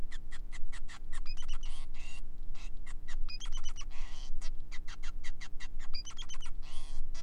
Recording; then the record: song of a male Bengalese finch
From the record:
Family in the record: son of father 5